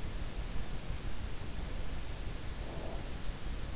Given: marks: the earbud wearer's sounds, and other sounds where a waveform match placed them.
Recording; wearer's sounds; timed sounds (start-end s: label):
sounds in sleep by an in-ear microphone; breath
2.48-3.39 s: breath